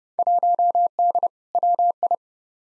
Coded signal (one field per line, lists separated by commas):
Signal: Morse code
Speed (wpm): 30 wpm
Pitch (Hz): 700 Hz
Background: none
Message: 1D WI